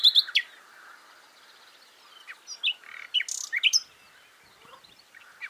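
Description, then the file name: Common nightingale song in short bursts: sharp high chirps and a few buzzy notes separated by pauses. "Luscinia megarhynchos"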